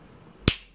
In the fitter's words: here we go that just pops right in there like that